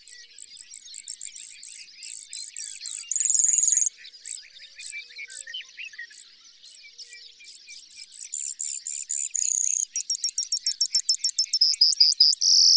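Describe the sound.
Bird song: strings of sharp high chirps, a buzzy burst, then accelerating trills and slurred notes near the end, over a soft background chorus.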